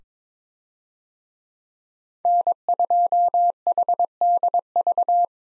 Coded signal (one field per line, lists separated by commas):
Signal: Morse code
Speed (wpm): 21 wpm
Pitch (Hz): 700 Hz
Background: none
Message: N2HDV